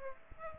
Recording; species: mosquito wingbeat signal from an infrared sensor; Aedes aegypti